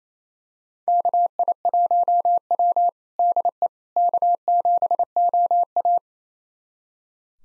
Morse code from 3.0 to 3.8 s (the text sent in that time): DE